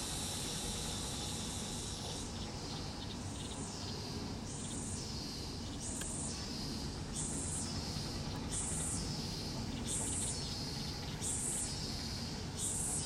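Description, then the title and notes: Cicadas buzzing in a steady high chorus, with pulsing swells repeating every second or so over constant low background rumble. Recorded in Guangzhou. "Guanghou Cicadas by Essa Lucienne"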